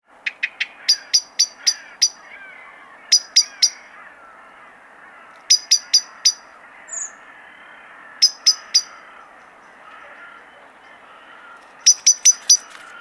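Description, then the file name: Common blackbird giving sharp, clicking chink notes in quick bursts of several, the bursts coming at irregular intervals. "Turdus merula"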